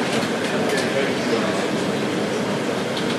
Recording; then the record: background sound without coughing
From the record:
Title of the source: Office Sounds Ambience - Background Noise for Study and Work